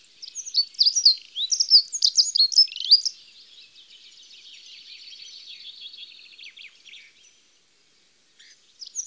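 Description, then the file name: Dunnock song: a fast, scratchy, high warble for about three seconds, then a faint thin trill trailing off, and a new phrase starting near the end. "Accenteur mouchet"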